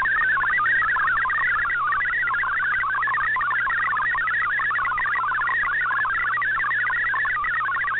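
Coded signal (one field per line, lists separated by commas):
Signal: multi-tone FSK (Olivia or MFSK type)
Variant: MFSK32 or MFSK64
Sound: fast burbling warble of one tone hopping between many pitches, continuous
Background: radio static, low hum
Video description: here is my decode of the Shortwave Radiogram broadcast today on 7780Khz shortwave radio at 2030UTC in MFSK32, and 64 with 8 SSTV images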